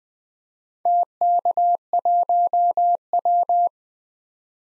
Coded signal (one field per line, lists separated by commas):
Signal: Morse code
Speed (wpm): 20 wpm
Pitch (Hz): 700 Hz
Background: none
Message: TK1W